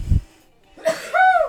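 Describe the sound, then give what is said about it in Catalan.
A single sneeze: a short intake, then a sudden breathy burst that trails off into a voiced, rising-falling tail. A brief low thump comes just before it. “Salut.”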